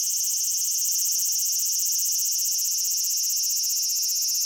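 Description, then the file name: Large brown cicada song, an unbroken, shrill, frying buzz with a fine wavering texture, holding steady throughout. "aburazemi cry"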